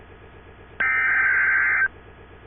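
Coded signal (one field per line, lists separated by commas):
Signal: Emergency Alert System (SAME) tones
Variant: header bursts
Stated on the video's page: Fictional civil unrest EAS scenario made for entertainment.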